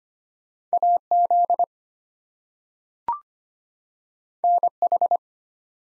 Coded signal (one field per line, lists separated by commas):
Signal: Morse code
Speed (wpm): 25 wpm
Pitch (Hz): 700 Hz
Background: none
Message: AZ NH